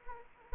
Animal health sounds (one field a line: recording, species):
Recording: mosquito wingbeat signal from an infrared sensor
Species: Anopheles arabiensis